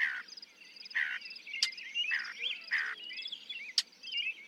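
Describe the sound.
Northern mockingbird song: rough mid-pitched notes repeated at short intervals, with a few sharp high clicks, over a noisy background.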